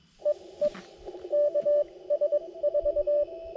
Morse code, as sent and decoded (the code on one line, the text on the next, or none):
. . / -.- ... ....-
EE KS4